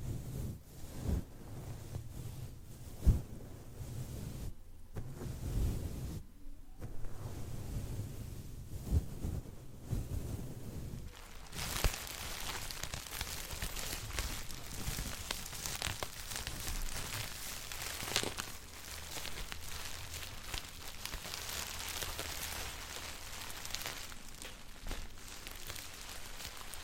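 Rough, layered rustling and rubbing from hand movements, heavy and low with thumps for eleven seconds, then a brighter, denser hiss continues.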